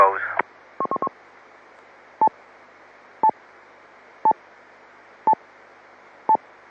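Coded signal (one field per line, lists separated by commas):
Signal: none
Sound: repeater courtesy beeps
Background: speech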